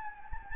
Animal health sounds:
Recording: mosquito wingbeat signal from an infrared sensor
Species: Anopheles gambiae

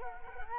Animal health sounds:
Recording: mosquito wingbeat signal from an infrared sensor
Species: Culex quinquefasciatus

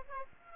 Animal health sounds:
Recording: mosquito wingbeat signal from an infrared sensor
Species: Aedes aegypti

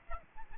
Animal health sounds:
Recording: mosquito wingbeat signal from an infrared sensor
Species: Aedes aegypti

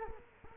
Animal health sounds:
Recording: mosquito wingbeat signal from an infrared sensor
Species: Culex quinquefasciatus

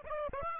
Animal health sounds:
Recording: mosquito wingbeat signal from an infrared sensor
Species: Aedes aegypti

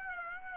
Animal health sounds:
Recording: mosquito wingbeat signal from an infrared sensor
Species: Aedes aegypti

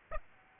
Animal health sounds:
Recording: mosquito wingbeat signal from an infrared sensor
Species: Aedes aegypti

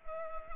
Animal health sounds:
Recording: mosquito wingbeat signal from an infrared sensor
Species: Culex pipiens

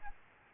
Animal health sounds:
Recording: mosquito wingbeat signal from an infrared sensor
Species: Aedes albopictus

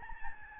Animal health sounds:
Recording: mosquito wingbeat signal from an infrared sensor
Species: Aedes albopictus

